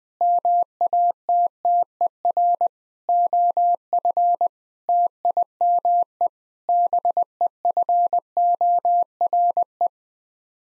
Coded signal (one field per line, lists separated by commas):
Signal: Morse code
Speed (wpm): 20 wpm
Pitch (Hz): 700 Hz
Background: none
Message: MATTER OF TIME BEFORE